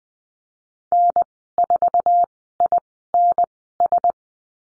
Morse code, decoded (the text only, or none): N4INS